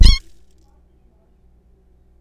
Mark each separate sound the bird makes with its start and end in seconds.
0.02-0.20